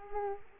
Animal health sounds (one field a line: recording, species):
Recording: mosquito wingbeat signal from an infrared sensor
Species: Culex quinquefasciatus